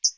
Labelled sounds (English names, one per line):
Hooded Warbler flight call